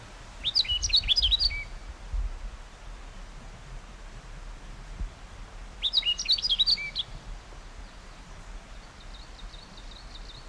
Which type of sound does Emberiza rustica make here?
song